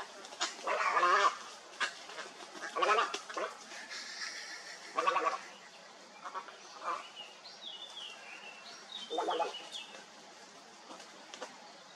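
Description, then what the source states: Heron calls, harsh rasping croaks in short bursts spaced a few seconds apart, with thin high whistled notes from another bird in the second half. Recorded at a heronry.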